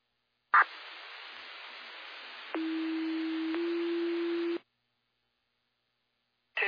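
Fire dispatch paging tones over a hissing radio channel, paging Emory Fire to a one-vehicle rollover near FM 514 and County Road 4452: a click, a stretch of static, then two steady low tones in sequence, each about a second long, before the transmission cuts off.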